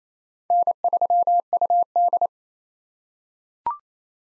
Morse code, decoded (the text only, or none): N3UD